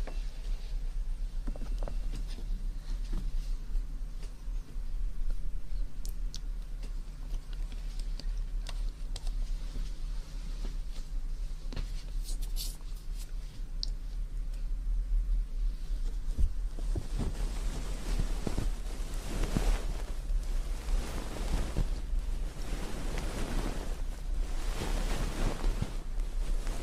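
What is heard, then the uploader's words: Ear cleaning and ear massage with water sounds: a steady low rumble runs throughout, dotted with scattered soft crackles and clicks. Past the midpoint the sound turns busier, with repeated rushing, swishing bursts that rise and fall like sloshing water. Ear Cleaning & Ear Massage Water Sounds.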